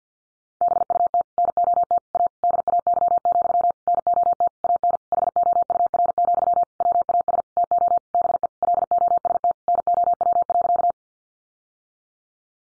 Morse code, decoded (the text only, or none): BUT NOT A DAY, NOT AN HOUR, WAS TO BE LOST NOW.